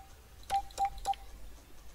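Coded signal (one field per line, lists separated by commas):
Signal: none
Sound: game's eerie sound cue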